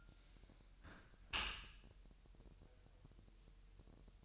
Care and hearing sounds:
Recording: daily activity, microphone in the room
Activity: close dishwasher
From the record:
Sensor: 2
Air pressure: 1000.5 hPa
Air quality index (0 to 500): 247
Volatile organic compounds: 94 ppm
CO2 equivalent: 3710 ppm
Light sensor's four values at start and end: 9/22/9/9 and 9/22/9/9

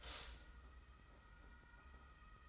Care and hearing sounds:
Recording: daily activity, microphone in the room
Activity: stop toaster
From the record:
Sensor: 3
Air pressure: 991.6 hPa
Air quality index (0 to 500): 182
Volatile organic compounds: 1000 ppm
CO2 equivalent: 6080 ppm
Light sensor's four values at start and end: 40/115/46/41 and 40/115/46/41

